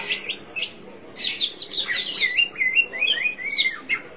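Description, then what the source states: Oriental magpie-robin song, a few short whistles at first, then a rapid run of sliding, rising and falling whistled notes packed closely together. Chirping song of the kacer.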